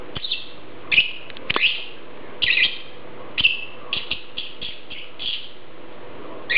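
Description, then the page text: Lovebird calls, shrill grating chirps in uneven groups over a low background hum. "Попугай неразлучник - Голос"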